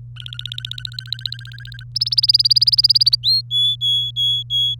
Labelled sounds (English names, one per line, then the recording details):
Domestic Canary song
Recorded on 24 April 2018 at 09:47
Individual llb3